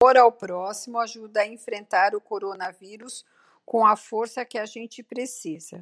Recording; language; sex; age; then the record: spoken sentence; Brazilian Portuguese; female; 50 to 59 years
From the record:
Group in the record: control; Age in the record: 53 years